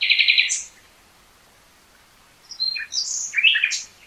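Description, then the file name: Common nightingale song: a brief rapid trill, a silent gap, then a varied phrase of whistles and chirps. "Luscinia megarhynchos"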